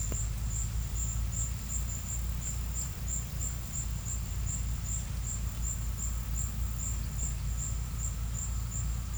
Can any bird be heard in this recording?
no